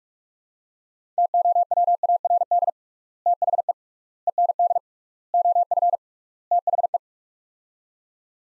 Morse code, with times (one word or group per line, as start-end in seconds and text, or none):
1.2-2.7 TOWARD
3.3-3.7 THE
4.3-4.8 END
5.3-6.0 OF
6.5-7.0 THE